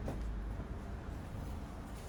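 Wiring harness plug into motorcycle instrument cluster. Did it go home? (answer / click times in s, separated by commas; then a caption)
no / none. A wiring harness connector is handled at the restored instrument cluster of a Ducati Monster S2R 1000 motorcycle, with a brief bump near 0.1 s over steady low rumbling background noise. The connector has not clicked or seated yet.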